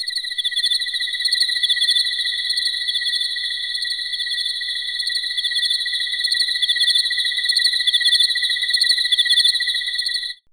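Crickets chirping, a dense, continuous, high-pitched pulsing trill that holds steady throughout, then cuts off abruptly at the end.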